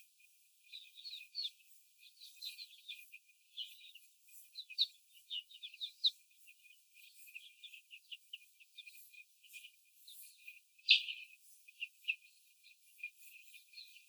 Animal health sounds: young laying hens in a cage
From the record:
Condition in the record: after the stressor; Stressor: simulated dog barking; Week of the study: 4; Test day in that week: 1

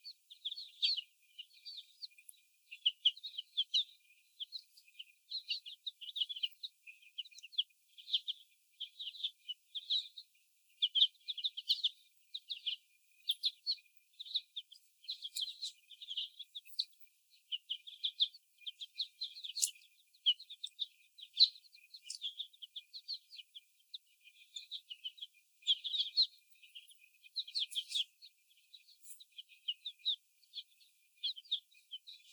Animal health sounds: young laying hens in a cage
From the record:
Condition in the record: before the stressor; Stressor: sudden umbrella opening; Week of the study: 1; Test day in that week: 1

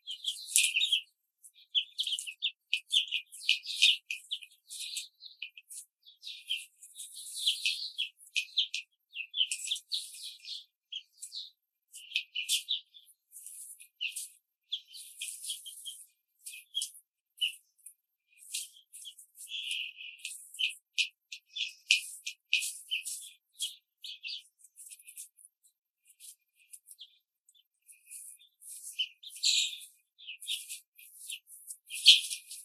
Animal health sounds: young laying hens in a cage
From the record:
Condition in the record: control cage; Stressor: none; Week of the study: 5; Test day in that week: 1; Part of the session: 2

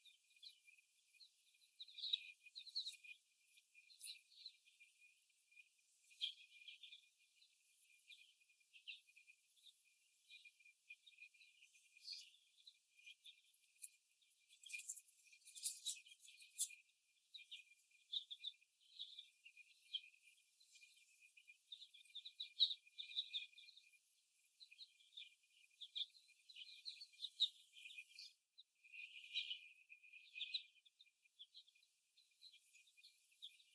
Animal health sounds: young laying hens in a cage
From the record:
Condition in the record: before the stressor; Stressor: simulated dog barking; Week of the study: 1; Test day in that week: 1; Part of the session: 4

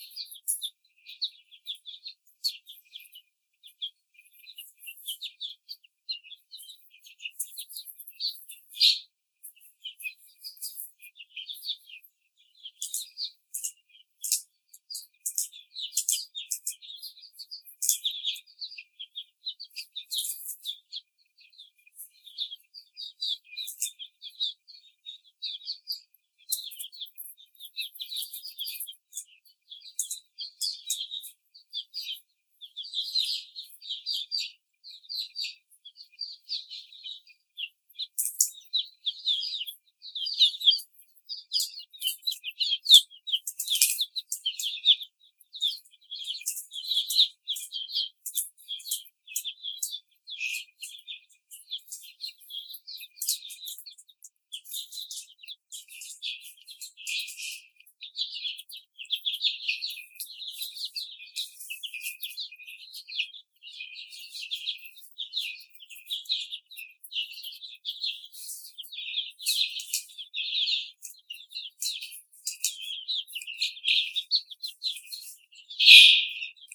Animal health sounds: young laying hens in a cage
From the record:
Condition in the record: after the stressor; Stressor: simulated dog barking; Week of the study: 4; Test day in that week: 2

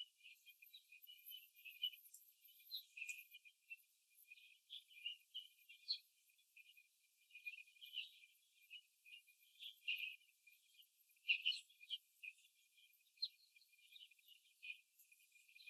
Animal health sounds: young laying hens in a cage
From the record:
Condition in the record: before the stressor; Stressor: simulated dog barking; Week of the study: 2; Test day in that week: 3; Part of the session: 2

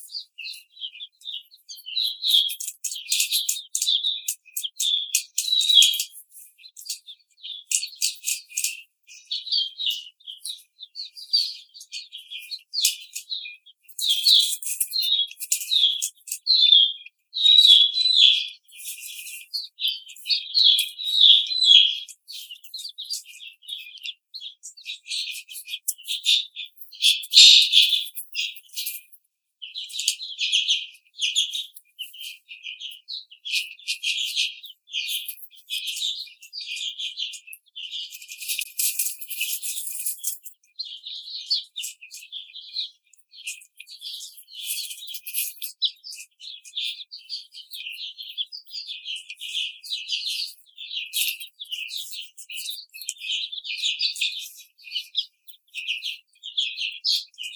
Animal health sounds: young laying hens in a cage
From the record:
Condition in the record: treatment cage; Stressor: simulated dog barking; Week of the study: 5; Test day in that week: 1

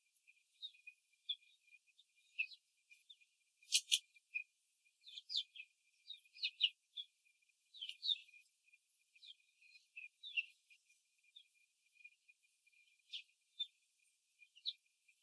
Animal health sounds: young laying hens in a cage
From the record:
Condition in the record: control cage, before the stress test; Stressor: none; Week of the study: 4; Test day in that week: 3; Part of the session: 4

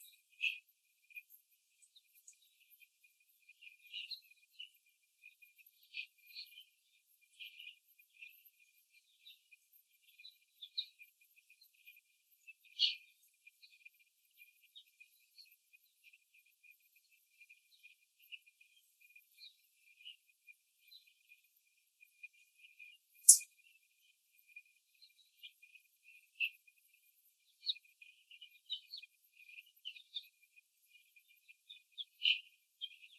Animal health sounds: young laying hens in a cage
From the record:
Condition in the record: before the stressor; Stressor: simulated dog barking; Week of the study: 3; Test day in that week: 1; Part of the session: 2

